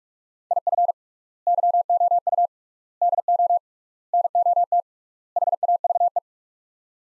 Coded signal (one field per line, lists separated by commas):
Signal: Morse code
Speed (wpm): 46 wpm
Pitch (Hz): 700 Hz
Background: none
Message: IF YOU DO NOT HAVE